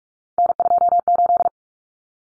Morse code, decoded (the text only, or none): N28